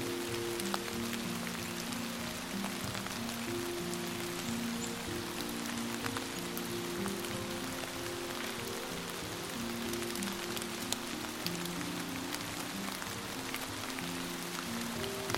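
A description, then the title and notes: Rain patters steadily on leaves and ground, a dense, even hiss with scattered brighter drop taps throughout. Underneath, soft sustained music notes drift slowly between low and middle pitches, changing every second or two. The level stays constant for the whole stretch. Water drops are tapping gently on the leaves and the forest floor.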